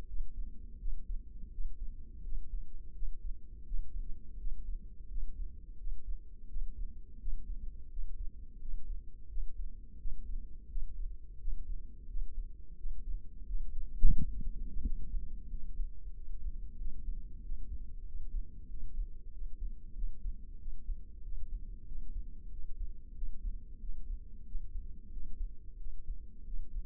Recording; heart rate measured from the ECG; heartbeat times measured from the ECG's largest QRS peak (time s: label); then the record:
heart sounds by microphone in the left ear; 89 bpm
0.09 s: heartbeat
0.81 s: heartbeat
1.53 s: heartbeat
2.26 s: heartbeat
2.96 s: heartbeat
3.67 s: heartbeat
4.40 s: heartbeat
5.11 s: heartbeat
5.80 s: heartbeat
6.50 s: heartbeat
7.21 s: heartbeat
7.92 s: heartbeat
8.62 s: heartbeat
9.31 s: heartbeat
10.00 s: heartbeat
10.71 s: heartbeat
11.41 s: heartbeat
12.10 s: heartbeat
12.79 s: heartbeat
13.48 s: heartbeat
14.18 s: heartbeat
14.86 s: heartbeat
15.52 s: heartbeat
16.16 s: heartbeat
16.80 s: heartbeat
17.44 s: heartbeat
18.07 s: heartbeat
18.71 s: heartbeat
19.34 s: heartbeat
19.97 s: heartbeat
20.61 s: heartbeat
21.25 s: heartbeat
21.89 s: heartbeat
22.53 s: heartbeat
23.16 s: heartbeat
23.82 s: heartbeat
24.48 s: heartbeat
25.14 s: heartbeat
25.80 s: heartbeat
26.47 s: heartbeat
From the record:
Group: healthy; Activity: rest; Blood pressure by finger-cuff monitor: 141/86 mmHg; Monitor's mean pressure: 105 mmHg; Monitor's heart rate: 87 bpm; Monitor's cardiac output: 7.1 L/min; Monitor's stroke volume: 83 mL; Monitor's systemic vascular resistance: 1100 dyn s/cm5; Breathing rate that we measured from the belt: 18 breaths a minute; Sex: male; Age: 21 years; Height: 175 cm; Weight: 72.6 kg